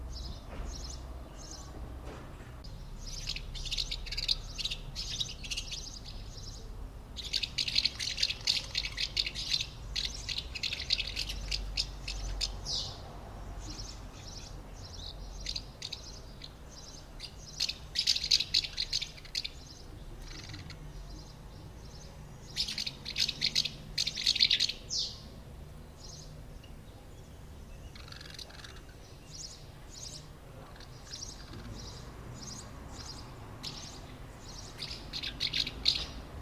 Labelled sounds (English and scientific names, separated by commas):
Common House Martin (Delichon urbicum)